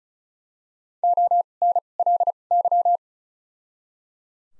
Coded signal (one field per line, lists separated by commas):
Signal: Morse code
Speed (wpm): 36 wpm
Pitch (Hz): 700 Hz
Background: none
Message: O N L Y